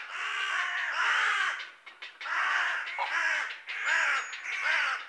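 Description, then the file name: Carrion crow uttering long, drawn-out hoarse caws, several merging calls in quick succession with brief gaps between them. "Corvus corone"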